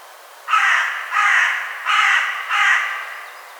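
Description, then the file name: Carrion crow calling with four loud, hoarse caws in steady succession, each roughly half a second, with short gaps between. "Corvus corone"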